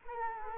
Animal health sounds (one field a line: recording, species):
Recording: mosquito wingbeat signal from an infrared sensor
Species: Culex quinquefasciatus